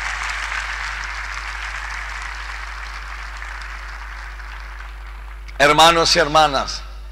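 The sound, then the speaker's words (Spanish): A crowd at a religious talk claps steadily for about five seconds, a dense patter that gradually thins and fades, then a man's voice begins speaking. “Un aplauso, porque estamos muy inteligentes.”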